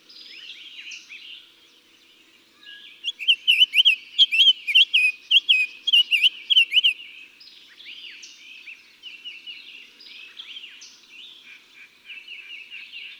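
Summer tanager song: a burst of about four seconds of quick, burry, rising-and-falling whistled notes, with quieter bird sounds before and after.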